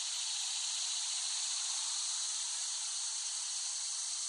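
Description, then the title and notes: Steady wall of cicada buzzing, high and hiss-like, never changing in pitch or strength. Cicadas recorded in West Brighton, Staten Island, late summer 2008. "The Cicadas of Summer. Recording of cicadas made by Dan Bodah in West Brighton, Staten Island, late summer 2008"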